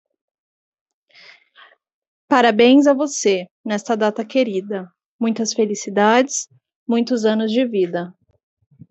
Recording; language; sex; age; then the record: short text; Brazilian Portuguese; female; 20 to 29 years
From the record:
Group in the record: control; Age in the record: 28 years